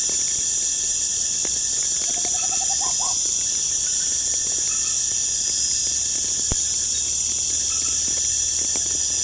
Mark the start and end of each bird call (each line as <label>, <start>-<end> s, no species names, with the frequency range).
bird call (0.3-1.6 kHz), 1.94-3.15 s